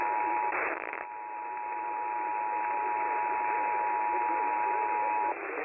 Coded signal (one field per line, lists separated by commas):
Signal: Emergency Alert System (SAME) tones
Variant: 853 and 960 Hz attention tone